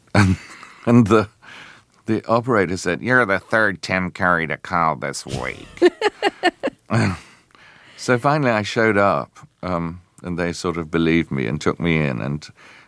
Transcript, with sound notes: And the operator said, you're the third Tim Curry to call this week.
(Laughter).
So finally, I showed up, and they sort of believed me and took me in.